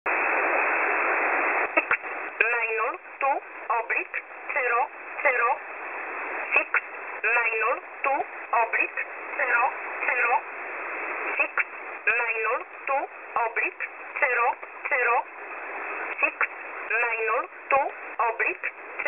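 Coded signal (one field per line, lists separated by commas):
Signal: numbers station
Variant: E11 Oblique, English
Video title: E11 Oblique 01/01/2024 1045 UTC 11100kHz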